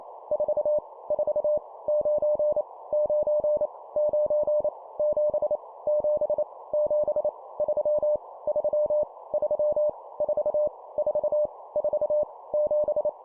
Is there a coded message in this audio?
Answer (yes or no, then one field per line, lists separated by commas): yes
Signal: Morse code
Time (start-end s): 0.3-13.1 s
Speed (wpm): 28 wpm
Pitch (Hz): 600 Hz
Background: none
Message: 4 4 9 9 9 7 7 7 3 3 3 4 4 4 7